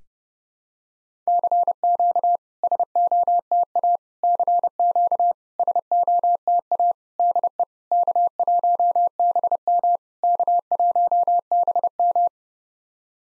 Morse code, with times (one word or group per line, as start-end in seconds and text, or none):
1.3-2.4 CQ
2.6-4.0 SOTA
4.2-5.3 CQ
5.6-6.9 SOTA
7.2-7.6 DE
7.9-10.0 K1BM
10.2-12.3 K1BM